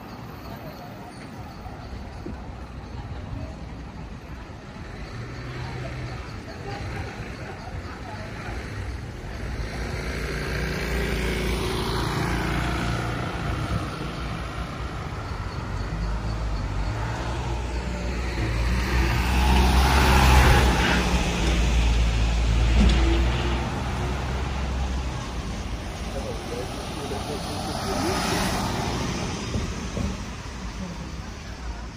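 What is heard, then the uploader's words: Street sounds on a walk in Tel Aviv, Israel: a steady low rumble of traffic with voices talking now and then. Vehicles swell past, loudest around twenty seconds with a deep roar, and another passes near twenty-eight seconds. Street Sounds. Walking In Tel Aviv, Israel.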